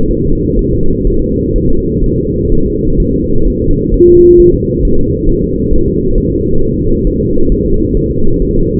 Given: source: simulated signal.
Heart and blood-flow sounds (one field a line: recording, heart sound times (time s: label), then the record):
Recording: fetal heart sounds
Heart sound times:
0.11 s: S1
0.25 s: S2
0.59 s: S1
0.73 s: S2
1.07 s: S1
1.22 s: S2
1.56 s: S1
1.70 s: S2
2.04 s: S1
2.18 s: S2
2.52 s: S1
2.66 s: S2
3.00 s: S1
3.14 s: S2
3.47 s: S1
3.62 s: S2
3.94 s: S1
4.09 s: S2
4.40 s: S1
4.54 s: S2
4.85 s: S1
4.99 s: S2
5.29 s: S1
5.44 s: S2
5.74 s: S1
5.88 s: S2
6.18 s: S1
6.32 s: S2
6.62 s: S1
6.77 s: S2
7.07 s: S1
7.21 s: S2
7.52 s: S1
7.66 s: S2
7.97 s: S1
8.11 s: S2
8.42 s: S1
8.57 s: S2
From the record:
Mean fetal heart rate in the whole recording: 130 bpm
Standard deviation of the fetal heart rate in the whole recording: 4 bpm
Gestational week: 38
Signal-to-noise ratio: -17.7 dB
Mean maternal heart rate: 72 bpm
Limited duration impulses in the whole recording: present